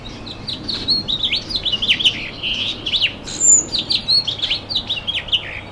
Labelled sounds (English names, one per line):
House Finch song